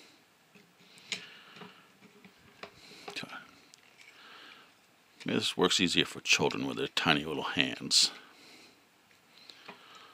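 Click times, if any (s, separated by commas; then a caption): none. A plastic weapon or armor piece from a Final Faction Arrow ATV set is handled and pushed toward the toy ATV, with light plastic clicks and taps scattered through the clip. Someone talks in the middle. The clip ends before the part goes home, and nothing has seated or clicked into place yet.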